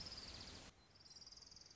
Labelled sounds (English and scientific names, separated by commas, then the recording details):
Orange-crowned Warbler (Leiothlypis celata)
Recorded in Sonoma County, California